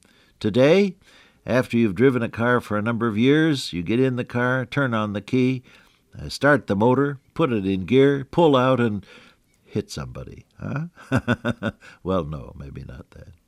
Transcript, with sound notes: Today, after you’ve driven the car for a number of years you get in the car, turn on the key, start the motor, put it in gear, pull out and hit somebody. Huh? (Laughs) Well no, maybe not that.